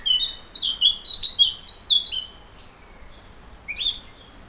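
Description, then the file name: Eurasian blackcap song: a rapid, varied warble of high chirping notes for about two seconds, then a pause and a brief closing twitter. "Sylvia atricapilla"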